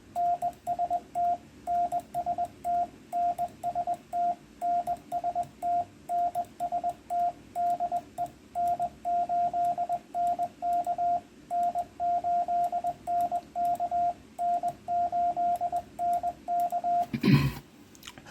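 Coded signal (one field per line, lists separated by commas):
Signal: Morse code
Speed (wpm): 20 wpm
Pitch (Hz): 700 Hz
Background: radio noise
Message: NST NST NST NST NST DE N8NK N8NK N8NK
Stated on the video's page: CW antenna test transmissions reported by Reverse Beacon Network skimmers.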